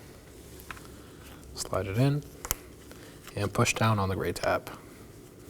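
A reconnected harness connector is handled during cooling fan assembly replacement on a 2018-2024 Chevrolet Equinox 1.5L L4, with its gray plastic position-lock tab about to be pushed down to lock it. Someone talks between faint handling taps, including a sharp one near 2.5 s. Nothing has seated or clicked yet.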